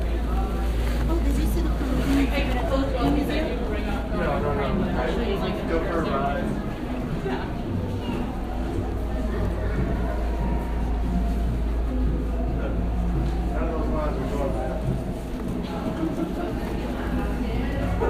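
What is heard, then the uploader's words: A crowded New York space full of overlapping voices, many people talking at once at a steady level for the whole stretch. A constant deep rumble sits underneath, like traffic or a train, with occasional footsteps and clatter mixed into the chatter. Noises of streets, subway and museums in New York City.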